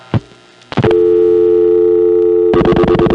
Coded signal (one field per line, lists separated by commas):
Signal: telephone call progress tone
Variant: North America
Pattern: dial tone